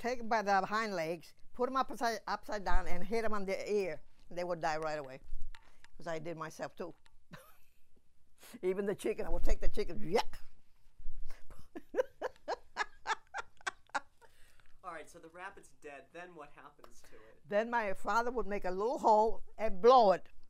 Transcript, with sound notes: You take them by their hind legs, put them upside -- upside down, and hit them on the ear, and they would die right away. Because I did myself, too. (she laughs) Even the chicken, I would take the chicken. Yeck! (she gestures and laughs)
All right. So the rabbit's dead. Then what happens to it?
Then my father would make a little hole and blow it.